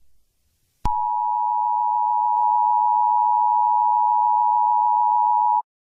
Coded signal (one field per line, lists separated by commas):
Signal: Emergency Alert System (SAME) tones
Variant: 853 and 960 Hz attention tone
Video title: Eas scenario 8: Fortnite Ranks